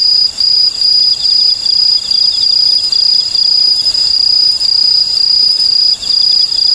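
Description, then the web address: Okame cricket song: quick, sharp chirps repeated steadily above a persistent high-pitched trill of other insects. "sikioto insect okamekourogi"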